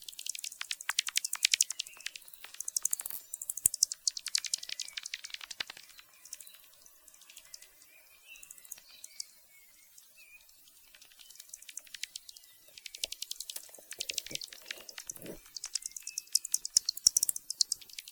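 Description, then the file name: Bats echolocating: dense crackling bursts of high clicks, thinning to near silence midway, then building again into a busy rapid ticking. "Yannick Dauby - Bats echolocation"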